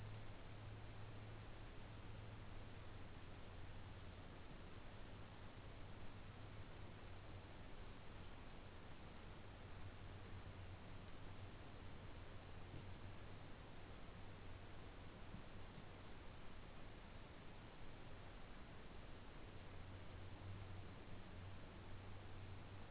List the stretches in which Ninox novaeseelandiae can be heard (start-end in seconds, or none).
none